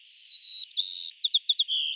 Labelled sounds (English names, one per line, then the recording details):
White-crowned Sparrow song
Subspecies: nuttalli
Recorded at Morro Bay, California, in 2014
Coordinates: 35.371, -120.866
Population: south
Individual MORR_maleA_14